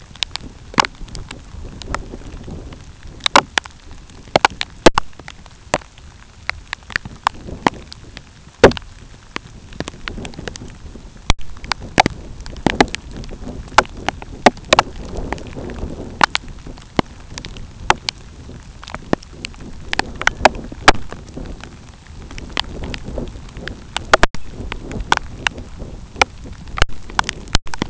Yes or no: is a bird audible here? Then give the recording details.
no. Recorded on Arctic tundra, site UTQI-2, on 13 June 2019. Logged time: 12:00